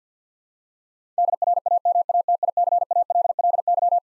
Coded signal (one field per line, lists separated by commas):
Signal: Morse code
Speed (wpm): 48 wpm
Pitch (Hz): 700 Hz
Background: none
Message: DRAMATICALLY